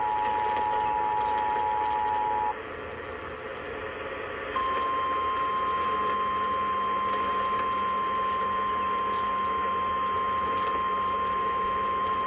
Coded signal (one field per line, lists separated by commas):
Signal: Emergency Alert System (SAME) tones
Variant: 853 and 960 Hz attention tone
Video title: KDKA FFW EAS-621